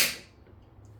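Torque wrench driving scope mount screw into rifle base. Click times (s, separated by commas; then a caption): 0.0 s. A torque wrench tightens the last scope mount screw into the base of a 7mm PRC Ruger Go Wild rifle, set to 25 inch-pounds. The wrench gives a sharp, bright click at 0.0 s that fades over about 0.2 seconds into a quiet low hum, confirming the screw has reached its torque setting.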